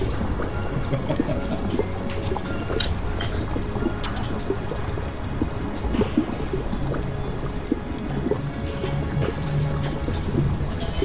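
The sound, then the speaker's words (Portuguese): A continuous wet soundscape of liquid trickling and bubbling, with a viscous, yellowish liquid dripping from the ceiling; scattered sharp drips and gurgles pop out over a dense, steady low wash. “O tempo todo vocês ouvem um som de líquidos escorrendo, líquidos pingando, gotejando e borbulhando.”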